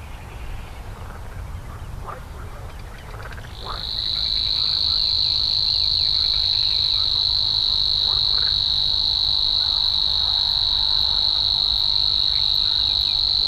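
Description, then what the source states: Savi's warbler song: after about three seconds of quiet marsh background, a steady, high, insect-like reeling buzz starts and runs unbroken to the end, with faint calls from other birds beneath. Slatina pond, Prague, Czech Republic; 16 June 2013, 21:31–21:35 CEST; only regular Prague site, breeding there yearly in several pairs; at least two breeding pairs in 2013.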